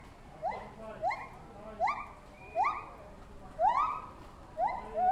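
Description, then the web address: White-handed gibbon giving upward-sweeping hoots repeated at short intervals, growing slightly louder and fuller, over a steady background noise. Distant white-handed gibbon calls in zoo ambience; ambisonic. "Sonic Bat - Ambisonics - Zoo. Zoo Ambience with Distant White-Handed Gibbon Calls"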